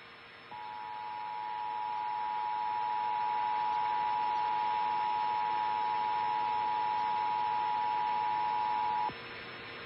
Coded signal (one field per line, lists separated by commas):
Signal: Emergency Alert System (SAME) tones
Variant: 853 and 960 Hz attention tone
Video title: Eas little bill weekly test